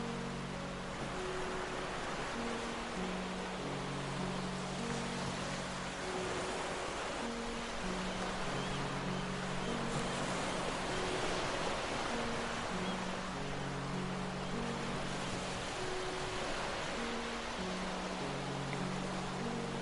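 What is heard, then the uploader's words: Soft, low piano notes sound over a constant wash of ocean waves. The chords are held long and change every two or three seconds, staying in a warm middle-low range, while the surf hisses evenly throughout at a steady level. Piano and ocean waves mix.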